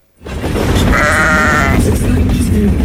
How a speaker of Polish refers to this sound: W Pendolino jadącym z Krakowa do Warszawy jeden z posłów PiS nagrał owcę.